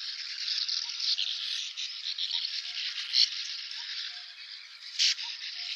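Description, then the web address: Sand martins giving a dense, continuous buzzy chatter of many overlapping dry twitters, with a few sharper louder notes standing out briefly. "syoudoutubame"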